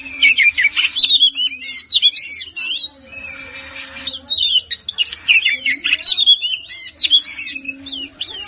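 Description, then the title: Oriental magpie-robin song: long varied sequence of clear whistles, rising and falling slurs and rapid chattering, with a soft low hum underneath. "Kacer"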